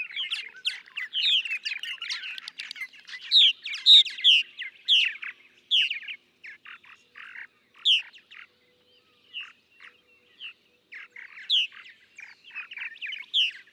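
Purple martin song, a busy stream of gurgling, chirping notes and creaky warbles, thinning into scattered short phrases with brief pauses toward the end.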